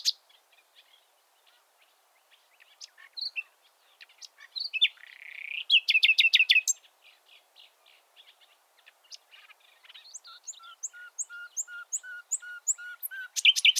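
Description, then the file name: Common nightingale song: scattered soft notes, a buzzy rattling burst, then a steady series of high, evenly repeated chirps with low accompanying notes. "Luscinia megarhynchos"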